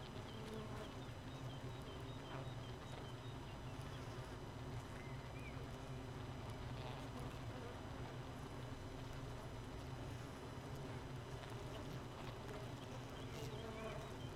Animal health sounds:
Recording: honeybee colony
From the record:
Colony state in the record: missing queen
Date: 31 May 2018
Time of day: 4:28

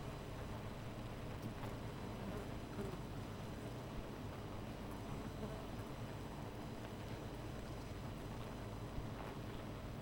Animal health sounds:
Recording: honeybee colony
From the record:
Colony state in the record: missing queen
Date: 14 July 2017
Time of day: 13:32

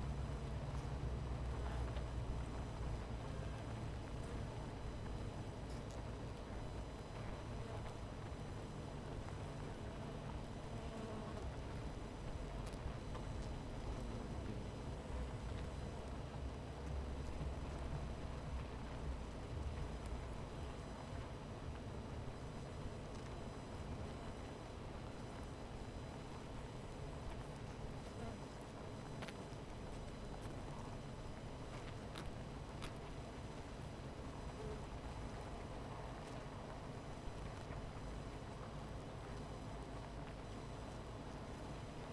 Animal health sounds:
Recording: honeybee colony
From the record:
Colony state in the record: missing queen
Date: 14 July 2017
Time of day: 17:51

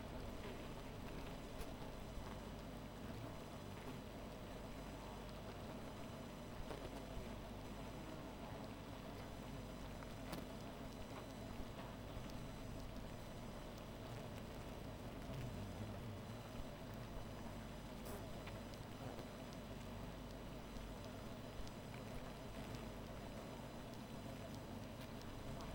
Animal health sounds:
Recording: honeybee colony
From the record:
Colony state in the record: missing queen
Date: 14 July 2017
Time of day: 1:04

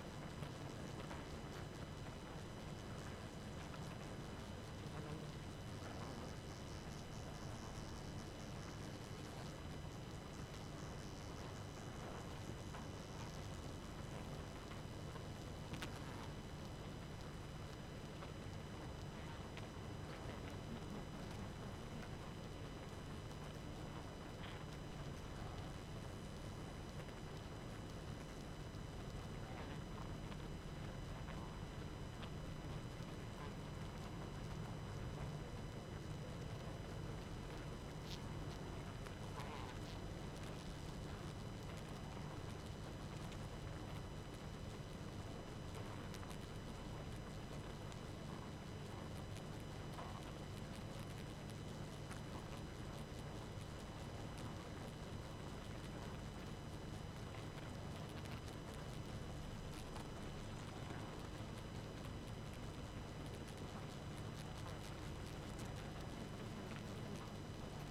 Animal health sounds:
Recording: honeybee colony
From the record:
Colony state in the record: active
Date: 12 June 2018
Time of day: 22:37

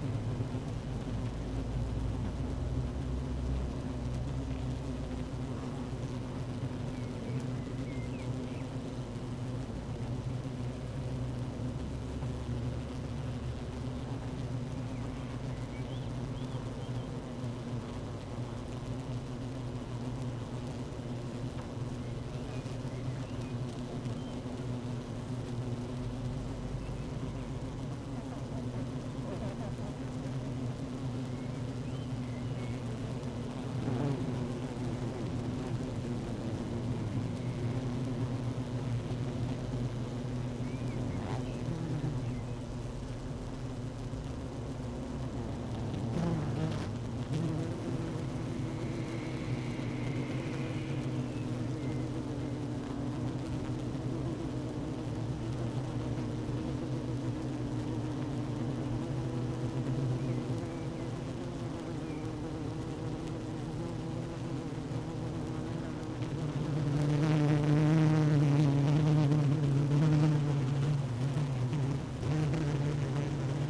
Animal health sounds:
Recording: honeybee colony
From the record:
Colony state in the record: active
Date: 12 June 2018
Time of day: 15:58

